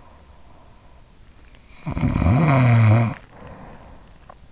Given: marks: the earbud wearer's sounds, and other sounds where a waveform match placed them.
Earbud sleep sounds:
sounds in sleep by an in-ear microphone; snoring breath
1.50-4.31 s: snoring breath

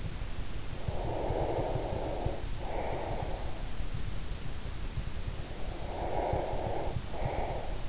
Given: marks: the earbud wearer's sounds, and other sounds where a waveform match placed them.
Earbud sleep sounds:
sounds in sleep by an in-ear microphone; breath
0.72-3.72 s: breath
5.45-7.89 s: breath

